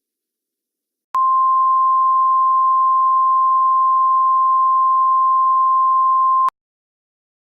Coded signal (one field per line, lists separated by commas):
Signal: Emergency Alert System (SAME) tones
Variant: 1050 Hz attention tone